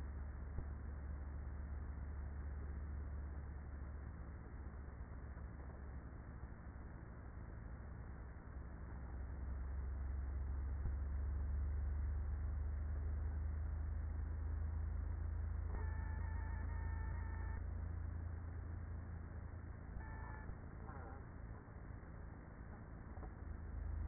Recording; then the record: honeybee colony, microphone inside the hive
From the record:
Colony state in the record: queenless with a low population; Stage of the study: after two queens were removed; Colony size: about 30,000 bees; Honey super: no